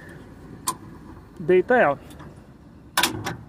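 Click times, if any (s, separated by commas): 3.0 s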